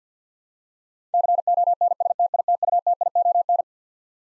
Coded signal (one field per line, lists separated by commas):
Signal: Morse code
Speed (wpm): 50 wpm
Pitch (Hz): 700 Hz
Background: none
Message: CONSTITUTION